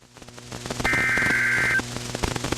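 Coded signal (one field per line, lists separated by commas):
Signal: Emergency Alert System (SAME) tones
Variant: header bursts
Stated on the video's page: Severe thunderstorm warnings and watch received on NOAA Weather Radio WXL54 (Miles City, 162.400 MHz) and WXK57 (Baker, 162.550 MHz).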